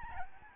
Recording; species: mosquito wingbeat signal from an infrared sensor; Aedes albopictus